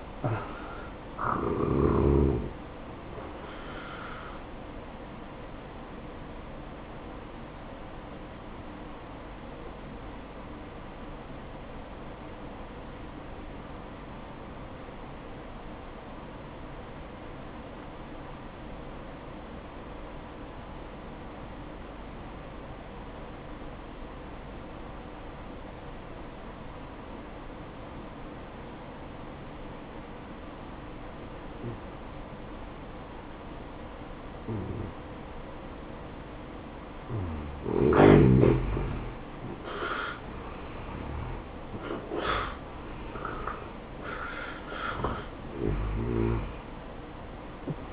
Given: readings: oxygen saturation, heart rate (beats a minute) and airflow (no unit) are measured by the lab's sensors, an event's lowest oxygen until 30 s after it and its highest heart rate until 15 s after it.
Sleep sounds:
breathing in sleep by a voice recorder at the bedside; 1
12.00-38.90 s: obstructive apnea (N1, oxygen 95% highest, then 83% lowest, heart rate 58 at the start, 76 highest)
20.00-47.93 s: new sleep stage, N2 (light sleep)
From the record:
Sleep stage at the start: N1 (lightest sleep); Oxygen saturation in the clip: 84 to 95%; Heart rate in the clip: 58 to 73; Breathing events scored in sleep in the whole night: 573 in 9.8 hours asleep

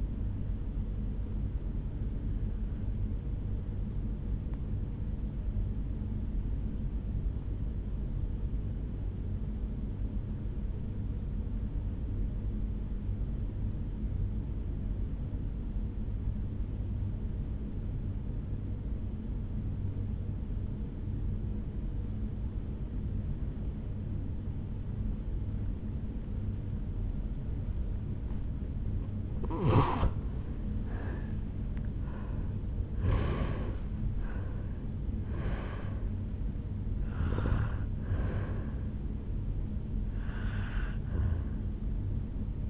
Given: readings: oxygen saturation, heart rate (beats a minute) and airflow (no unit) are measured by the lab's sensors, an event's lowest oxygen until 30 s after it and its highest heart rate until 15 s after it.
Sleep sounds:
breathing in sleep by a smartphone at the bedside; 1
4.00-29.60 s: obstructive apnea (N1, oxygen 96% highest, then 83% lowest, heart rate 56 at the start, 76 highest)
12.00-42.70 s: new sleep stage, N2 (light sleep)
From the record:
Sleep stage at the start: N1 (lightest sleep); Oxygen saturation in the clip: 85 to 96%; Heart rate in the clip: 55 to 76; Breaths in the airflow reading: 5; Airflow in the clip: -12.9 to 7.7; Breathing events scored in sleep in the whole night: 449 in 7.0 hours asleep

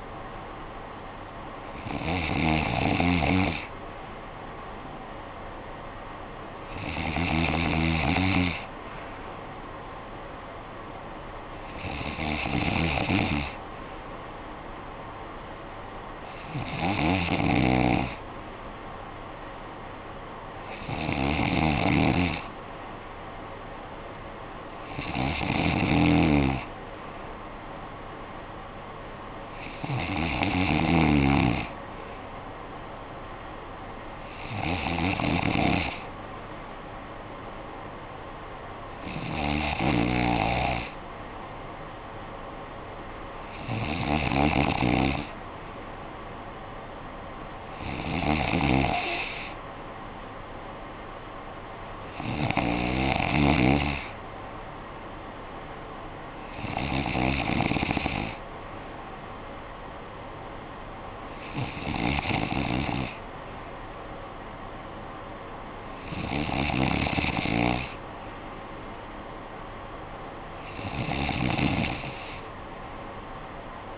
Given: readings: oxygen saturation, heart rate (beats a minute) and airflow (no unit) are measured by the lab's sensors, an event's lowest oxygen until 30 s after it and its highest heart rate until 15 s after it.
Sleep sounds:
breathing in sleep by a voice recorder at the bedside; none
54.00-73.98 s: new sleep stage, N3 (deep sleep)
From the record:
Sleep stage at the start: N2 (light sleep); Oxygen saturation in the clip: 92 to 94%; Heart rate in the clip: 55 to 63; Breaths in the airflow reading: 16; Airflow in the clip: -9.4 to 5.7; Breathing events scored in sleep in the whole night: 445 in 7.6 hours asleep

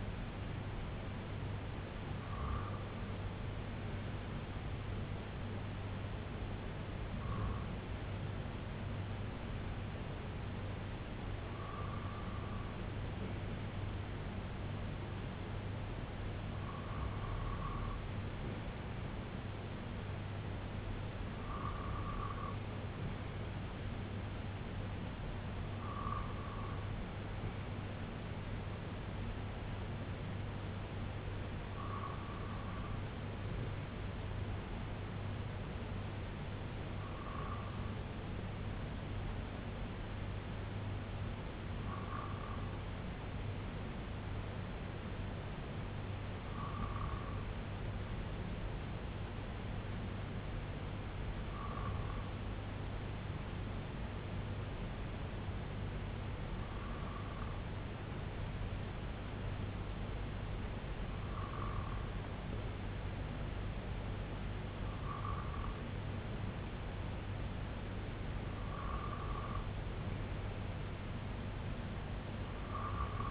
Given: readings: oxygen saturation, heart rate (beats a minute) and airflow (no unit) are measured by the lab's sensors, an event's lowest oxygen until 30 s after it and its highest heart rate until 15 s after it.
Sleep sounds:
breathing in sleep by a voice recorder at the bedside; 1
8.00-66.80 s: hypopnea (N1, oxygen 96% highest, then 93% lowest, heart rate 70 at the start, 77 highest)
From the record:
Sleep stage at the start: N1 (lightest sleep); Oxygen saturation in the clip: 94 to 96%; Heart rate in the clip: 65 to 77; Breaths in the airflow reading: 13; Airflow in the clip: -6.4 to 3.6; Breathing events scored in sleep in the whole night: 258 in 7.4 hours asleep

